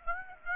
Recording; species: mosquito wingbeat signal from an infrared sensor; Aedes aegypti